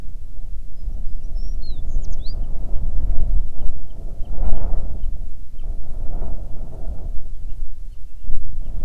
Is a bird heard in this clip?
yes